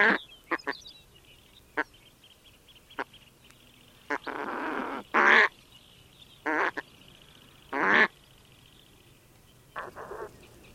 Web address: steller s eider call